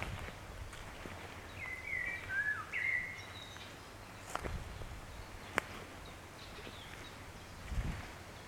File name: Turdus merula